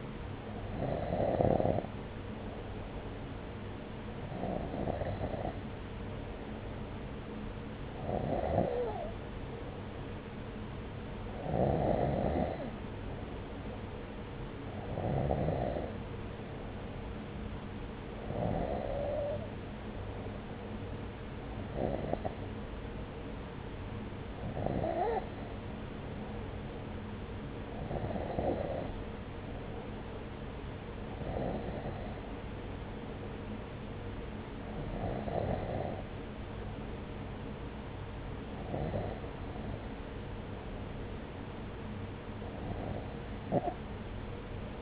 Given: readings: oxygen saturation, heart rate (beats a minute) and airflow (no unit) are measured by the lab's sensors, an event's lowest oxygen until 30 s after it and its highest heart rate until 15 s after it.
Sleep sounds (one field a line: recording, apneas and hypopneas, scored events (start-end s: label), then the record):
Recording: breathing in sleep by a voice recorder at the bedside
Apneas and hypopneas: none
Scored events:
none scored
From the record:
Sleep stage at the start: N3 (deep sleep)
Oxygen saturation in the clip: 93 to 94%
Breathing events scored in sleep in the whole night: 303 in 8.1 hours asleep